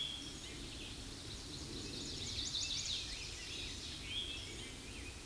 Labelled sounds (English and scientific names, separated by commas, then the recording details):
Chestnut-sided Warbler (Setophaga pensylvanica) song
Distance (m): 40 m
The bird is about level with the microphone
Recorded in a Pennsylvania forest on 16 May 2024 at 07:12
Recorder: AudioMoth, point MSD-2456
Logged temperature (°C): 16.4 °C
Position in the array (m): 185 m, 69 m